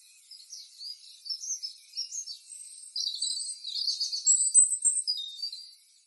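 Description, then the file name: Bird calls, a series of high, thin chirps and twitters rising in density and loudness through the middle, then fading at the end, over faint background hiss. "birds 2017"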